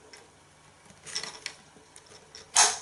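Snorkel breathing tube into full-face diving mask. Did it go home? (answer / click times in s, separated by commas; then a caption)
yes / 2.6 s. A plastic snorkel breathing tube is pushed into the top of a Joellfuner full-face snorkeling mask for adults. Soft handling clicks and rustles come first, then a brief sharp tick at about 1.5 seconds. The tube clicks into place and seats in the mask at 2.6 seconds.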